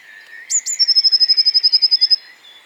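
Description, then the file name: Eurasian blue tit giving one phrase: a pair of sharp high notes, then a rapid, evenly spaced trill of about fourteen ringing notes, over faint background bird chatter. "Cyanistes caeruleus"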